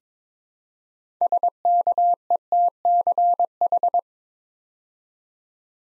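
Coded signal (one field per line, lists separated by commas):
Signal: Morse code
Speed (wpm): 22 wpm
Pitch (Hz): 700 Hz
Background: none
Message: SKETCH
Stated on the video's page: Build-a-word practice drill at 22 wpm, copying 6-letter words three letters at a time to build instant character recognition.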